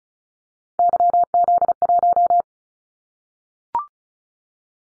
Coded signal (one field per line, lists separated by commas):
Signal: Morse code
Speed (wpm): 34 wpm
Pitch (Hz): 700 Hz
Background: none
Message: YZ1